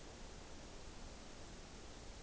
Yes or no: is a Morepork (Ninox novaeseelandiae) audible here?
no